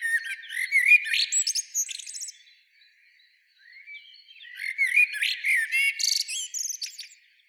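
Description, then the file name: Common blackbird singing two rich, fluty phrases separated by a pause, mixed with scratchy high twittering. "Turdus merula"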